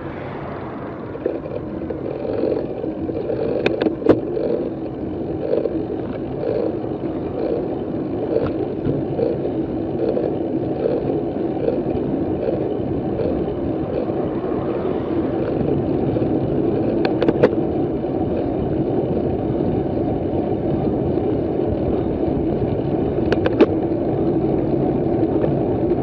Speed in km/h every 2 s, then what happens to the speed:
14, 16, 19, 20, 21, 22, 23, 24, 25, 26, 28, 29, 32.
0-26 speeds up to 32.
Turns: none.